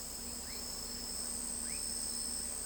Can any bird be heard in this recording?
no